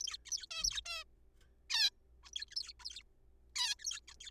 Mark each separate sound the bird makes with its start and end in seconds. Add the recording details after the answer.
0.00-0.17, 0.26-0.30, 0.32-0.46, 0.51-0.64, 0.64-0.81, 0.86-1.04, 1.70-1.90, 2.24-2.31, 2.36-2.45, 2.51-2.55, 2.56-2.73, 2.85-3.02, 3.56-3.74, 3.79-3.84, 3.85-3.99, 4.08-4.14, 4.21-4.30. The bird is a juvenile. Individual R3428